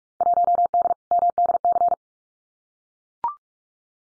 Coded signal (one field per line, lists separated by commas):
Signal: Morse code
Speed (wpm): 44 wpm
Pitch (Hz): 700 Hz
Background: none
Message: 1D MDC